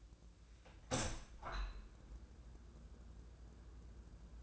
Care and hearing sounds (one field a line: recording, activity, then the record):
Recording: daily activity, microphone in the room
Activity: open window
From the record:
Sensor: 2